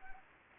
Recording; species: mosquito wingbeat signal from an infrared sensor; Anopheles gambiae